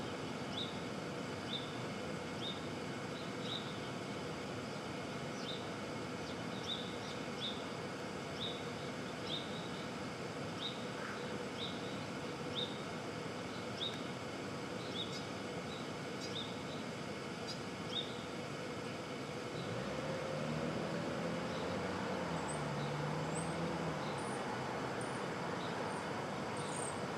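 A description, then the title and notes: Brooklyn at dawn: a steady, dense wash of city traffic noise carries a bird repeating a short, bright chirp about twice a second for the first twenty seconds. Near twenty seconds a vehicle's low engine drone swells, and higher thin chirps appear toward the end. Street Traffic.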